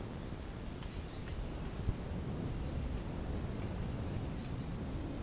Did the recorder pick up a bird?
no